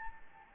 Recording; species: mosquito wingbeat signal from an infrared sensor; Anopheles gambiae